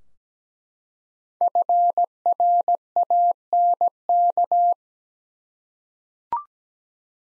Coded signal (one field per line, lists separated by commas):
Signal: Morse code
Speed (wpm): 17 wpm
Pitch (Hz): 700 Hz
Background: none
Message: FRANK